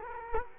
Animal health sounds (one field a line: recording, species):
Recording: mosquito wingbeat signal from an infrared sensor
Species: Culex quinquefasciatus